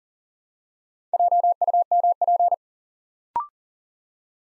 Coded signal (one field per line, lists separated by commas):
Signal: Morse code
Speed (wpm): 39 wpm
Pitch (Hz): 700 Hz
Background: none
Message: JUMP